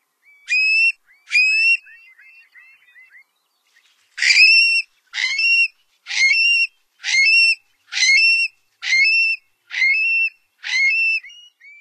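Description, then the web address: Long-billed curlew calls: two short ringing notes, a few softer chatters, then a steady series of many loud, harmonic whistled notes. Recorded in North America. "Songs of Birds of North America Stokes. Long-billed Curlew"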